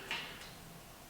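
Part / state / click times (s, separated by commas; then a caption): crimped wire terminal into a sealed bulkhead connector housing / seated / 0.1 s. A crimped wire terminal with a crimped-on seal is pushed into a weatherproof, sealed bulkhead connector housing. A sharp snap is heard at 0.1 s, followed by a low steady background. The terminal seats in the housing.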